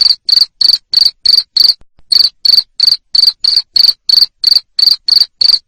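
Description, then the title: Cricket chirping insistently, bright high pulses about three a second, broken by one short gap. Loud cricket chirping played to stimulate lovebirds to keep singing (ngekek). "Suara JANGKRIK NGERIK Keras Bikin LOVEBIRD Jadi NGEKEK Terus Vubey"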